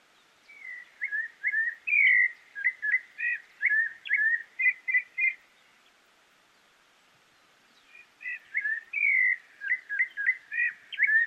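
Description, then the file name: Rufous-bellied thrush song: two long runs of clear, varied whistled phrases, warbling up and down, separated by a brief quiet gap. "Sonido ZORZAL COLORADO"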